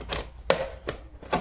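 A replacement painted plastic side-mirror cover is lined up on a Tesla Model 3 side-mirror housing, after the original mirror paint came off, and pushed on one-handed. A sharp click-like snap at 0.5 s marks the cover seating onto the housing, with softer broadband taps and rustles around 0.1 s, 0.9 s and 1.3 s.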